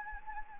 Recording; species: mosquito wingbeat signal from an infrared sensor; Anopheles gambiae